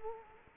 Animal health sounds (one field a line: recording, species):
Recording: mosquito wingbeat signal from an infrared sensor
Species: Culex quinquefasciatus